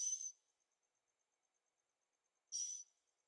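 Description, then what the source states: Bird calls: two short, buzzy high notes about two and a half seconds apart, with a faint, steady, high ticking between them. Birds singing at night in Carefree, Arizona; recorded in stereo with a Zoom H6.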